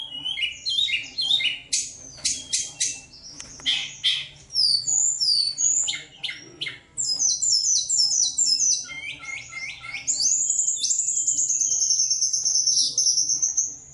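Bird delivering a busy, jumbled song of quick high chirps, slurred whistles and clicks, ending in a sustained rapid high warble.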